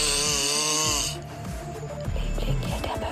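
A steady, high-pitched tonal sound runs for about a second, then gives way to a rough, fluttering, low rattling noise typical of a loud snore. This is an adult man, a husband, snoring at home in Reinickendorf.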